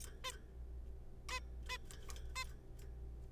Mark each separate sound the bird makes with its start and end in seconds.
0.24-0.32, 1.29-1.39, 1.69-1.78, 2.36-2.44